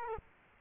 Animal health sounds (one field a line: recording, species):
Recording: mosquito wingbeat signal from an infrared sensor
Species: Culex quinquefasciatus